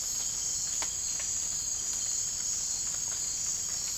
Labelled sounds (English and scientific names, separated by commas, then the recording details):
none
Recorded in dense forest near Puerto Asís, Putumayo, Colombia, on 20 December 2024 at 00:30
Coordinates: 0.481, -76.323
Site G100